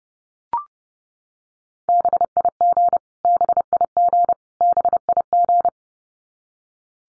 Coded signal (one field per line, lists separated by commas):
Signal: Morse code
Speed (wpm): 30 wpm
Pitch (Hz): 700 Hz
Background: none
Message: BIG BIG BIG